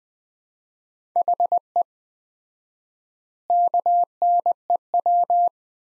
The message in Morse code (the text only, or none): HE KNEW